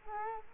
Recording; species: mosquito wingbeat signal from an infrared sensor; Culex quinquefasciatus